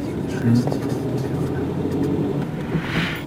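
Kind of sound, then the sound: vehicle, car engine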